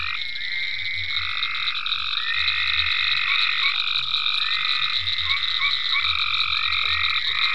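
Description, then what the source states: Frogs calling in a dense chorus, long overlapping trilled calls around mid-high pitch with a steady high whine and low pulsing croaks underneath. Frogs in ponds at Venaura farm, recorded 27 May 2010.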